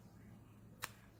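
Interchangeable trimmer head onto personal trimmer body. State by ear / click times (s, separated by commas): seated / 0.8 s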